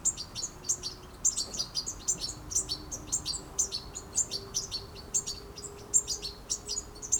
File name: Carduelis carduelis